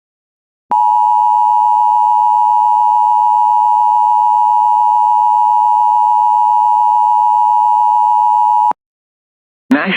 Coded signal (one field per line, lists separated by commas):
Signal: Emergency Alert System (SAME) tones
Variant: 853 and 960 Hz attention tone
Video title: EAS #233 Severe Thunderstorm Warning On WJON-IP